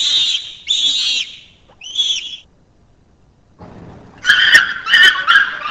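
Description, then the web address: Pan ape (chimpanzee or bonobo) calls: a few high, thin squeaking cries, a short quiet pause, then harsh, shrill screams repeated in quick bursts. "LIVING LINKS av chimp bonobo vocals"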